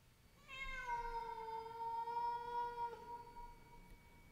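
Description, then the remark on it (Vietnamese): A single long, drawn-out cat meow, heard amid howling wind outside, that holds a steady, eerie wail for several seconds before sagging slightly in pitch and fading, over a faint low rumble. “Trong tiếng gió rít, tựa như có tiếng con mèo kêu vọng lại, nghe đến rợn cả người.”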